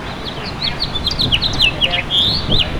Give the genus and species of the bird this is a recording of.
Haemorhous mexicanus